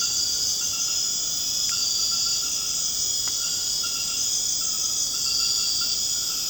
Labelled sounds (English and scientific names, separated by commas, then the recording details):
none
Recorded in secondary vegetation near Puerto Asís, Putumayo, Colombia, on 24 March 2025 at 22:00
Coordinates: 0.485, -76.322
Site G040